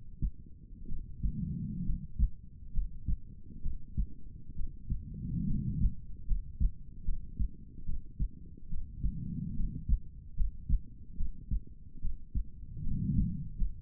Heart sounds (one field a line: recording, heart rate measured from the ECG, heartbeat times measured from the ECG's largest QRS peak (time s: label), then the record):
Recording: heart sounds by stethoscope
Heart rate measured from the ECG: 71 bpm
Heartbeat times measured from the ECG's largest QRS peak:
0.87 s: heartbeat
1.84 s: heartbeat
2.72 s: heartbeat
3.61 s: heartbeat
4.54 s: heartbeat
5.46 s: heartbeat
6.26 s: heartbeat
7.04 s: heartbeat
7.84 s: heartbeat
8.69 s: heartbeat
9.55 s: heartbeat
10.35 s: heartbeat
11.16 s: heartbeat
12.00 s: heartbeat
12.82 s: heartbeat
13.56 s: heartbeat
From the record:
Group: healthy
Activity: rest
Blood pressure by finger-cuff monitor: 103/58 mmHg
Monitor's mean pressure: 74 mmHg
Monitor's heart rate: 67 bpm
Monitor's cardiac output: 7 L/min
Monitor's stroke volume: 102 mL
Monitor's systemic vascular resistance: 760 dyn s/cm5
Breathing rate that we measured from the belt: 16 breaths a minute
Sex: female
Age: 23 years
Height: 160 cm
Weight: 50.4 kg